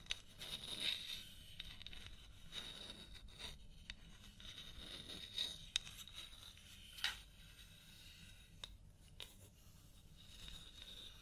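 A scalp massage during a hair wash: soft, continuous rubbing and scratching sounds with a steady bright hiss running throughout. Sharper crackles and scrapes stand out every second or two, notably around one, five and seven seconds, over a faint low rumble.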